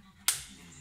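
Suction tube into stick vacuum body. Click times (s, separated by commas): 0.3 s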